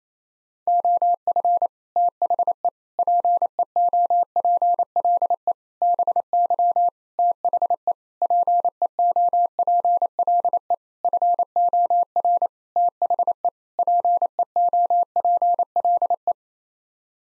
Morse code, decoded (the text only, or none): OF THE PEOPLE BY THE PEOPLE FOR THE PEOPLE